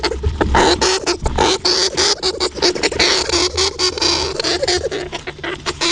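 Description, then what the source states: Hamster scrabbling in dense crackly scratches and taps, briefly pausing, with a faint high ringing tone in the middle. Hamster inside a jar.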